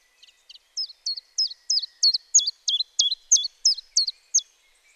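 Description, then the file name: Common chiffchaff song: two soft opening notes, then about twelve loud, high, falling notes repeated at a regular quick tempo. "Zilpzalp Gesang"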